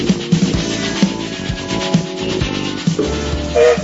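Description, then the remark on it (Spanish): A train setting off rumbles and clatters with a steady grinding hiss and irregular low thumps, then a short tonal whistle rises over the noise at the very end. “Buenas noches, como todos los días el tren se pone en movimiento, sonó el silbato y ya estamos en marcha.”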